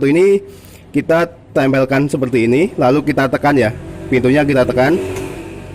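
A man talks while the front door of a Daihatsu Zebra Espass van is laid against the body and pressed by hand so the door latch can catch on the striker softly instead of slamming. Nothing has seated or clicked yet; the latch has not caught by the end of the clip.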